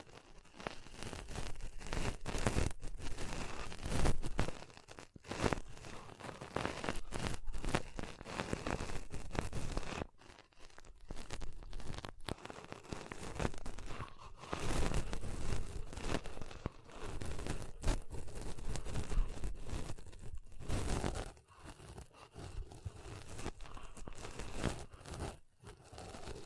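Pom poms are rustled and squeezed in a dense, crackly, crinkling texture that runs almost without a break. The scratchy bursts come in quick, uneven waves, with short near-silent gaps around ten and twenty-one seconds before the rustling picks up again.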